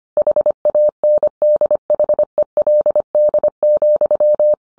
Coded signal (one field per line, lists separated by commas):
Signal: Morse code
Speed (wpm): 25 wpm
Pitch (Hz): 600 Hz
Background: none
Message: HANDHELD,